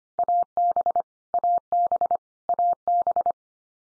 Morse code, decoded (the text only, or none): AB AB AB